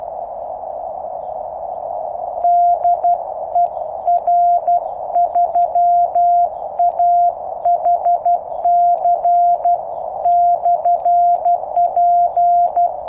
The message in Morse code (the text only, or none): DE R3AHC/P